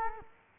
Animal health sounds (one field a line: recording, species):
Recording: mosquito wingbeat signal from an infrared sensor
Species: Culex quinquefasciatus